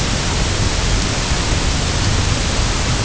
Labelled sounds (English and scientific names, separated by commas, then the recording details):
none
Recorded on Arctic tundra, site UTQI-0, on 23 June 2018
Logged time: 06:00